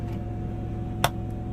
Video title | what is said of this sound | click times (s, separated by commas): #glassgeekdailyvlog dji mavic, Xmas came early | snaps right in, locks in place. | 1.0 s